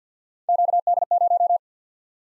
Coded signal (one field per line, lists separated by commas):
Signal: Morse code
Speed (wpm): 48 wpm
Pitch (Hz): 700 Hz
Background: none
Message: QD0